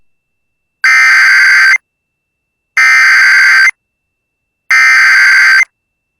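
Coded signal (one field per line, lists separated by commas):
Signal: Emergency Alert System (SAME) tones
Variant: header bursts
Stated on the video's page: EAS alerts received from three FM stations in central Mississippi.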